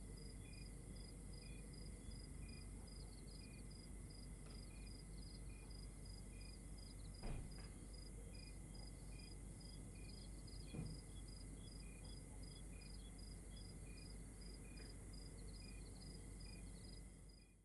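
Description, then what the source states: Cricket chirps repeat steadily in a high, rapid pattern over a constant thin tone and low rumble, with a few brief sharp clicks partway through. Exterior night ambience recorded in Rwanda.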